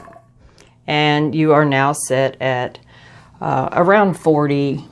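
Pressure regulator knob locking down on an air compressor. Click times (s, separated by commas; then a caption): 0.6 s. The black pressure-regulator knob on an air compressor, set to about 40 psi with the airbrush trigger held down, is pushed back down and locks into place with a single short click at 0.6 s. Someone then talks.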